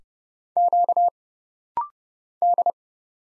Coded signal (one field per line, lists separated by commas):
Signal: Morse code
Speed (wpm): 30 wpm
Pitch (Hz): 700 Hz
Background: none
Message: Q D